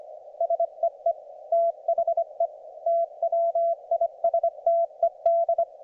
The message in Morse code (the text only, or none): SEE THE TWISTED